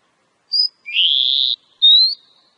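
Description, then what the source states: Oriental magpie-robin giving a short high whistle, a longer harsh buzzy note, then a clear rising whistle; nothing else audible. Female.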